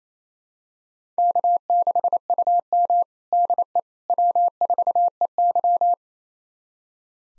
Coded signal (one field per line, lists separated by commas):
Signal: Morse code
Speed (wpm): 28 wpm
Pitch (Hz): 700 Hz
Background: none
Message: K6UM DE W4EY